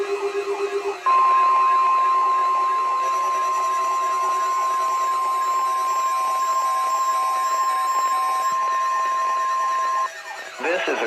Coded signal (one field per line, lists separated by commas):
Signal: Emergency Alert System (SAME) tones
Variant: 1050 Hz attention tone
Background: speech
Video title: EAS #693 - 9/28/2022 Required Weekly Test on WXJ97.